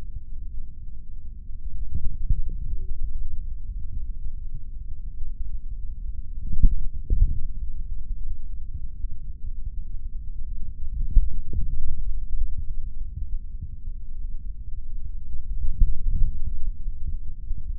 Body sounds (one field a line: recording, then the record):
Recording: forearm muscle sounds (acoustic myography)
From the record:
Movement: finger pinch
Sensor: system 3, bracelet of six PUI Audio POM-2738L microphones around the upper forearm, with dedicated amplification and filtering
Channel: 5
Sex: male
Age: 26 years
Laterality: right